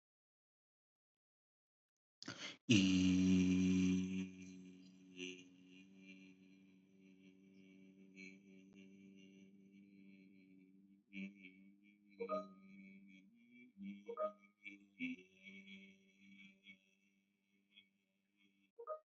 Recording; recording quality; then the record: sustained vowel as in beet; excellent, no background noise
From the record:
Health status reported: healthy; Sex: male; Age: 27 years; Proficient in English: yes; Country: India